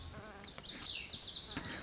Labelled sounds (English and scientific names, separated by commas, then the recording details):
Lazuli Bunting (Passerina amoena)
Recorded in Sonoma County, California